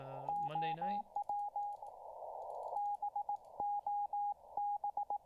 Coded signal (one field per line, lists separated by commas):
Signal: Morse code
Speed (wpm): 18 wpm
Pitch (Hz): 820 Hz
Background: speech, radio noise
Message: OW BOB